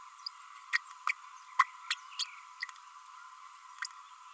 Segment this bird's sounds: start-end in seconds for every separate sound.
0.73-0.78, 1.07-1.12, 1.59-1.64, 1.90-1.95, 2.19-2.24, 2.62-2.65